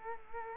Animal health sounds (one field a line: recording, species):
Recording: mosquito wingbeat signal from an infrared sensor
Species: Culex quinquefasciatus